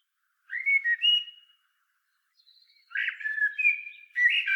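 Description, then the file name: Common blackbird whistling mellow, flute-like notes in two bouts, the second longer and warbled, running on to the end. "Turdus merula"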